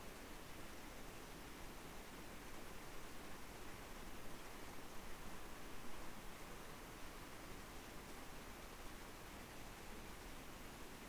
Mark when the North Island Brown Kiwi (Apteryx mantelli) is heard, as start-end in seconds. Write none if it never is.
none